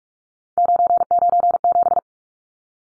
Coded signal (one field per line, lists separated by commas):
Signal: Morse code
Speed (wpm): 44 wpm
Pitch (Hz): 700 Hz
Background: none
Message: 997